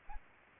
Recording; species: mosquito wingbeat signal from an infrared sensor; Aedes albopictus